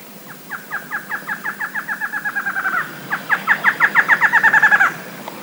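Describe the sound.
Bird calling in two fast runs of short down-slurred notes, each run speeding up and growing louder, the second louder than the first, over a quiet background.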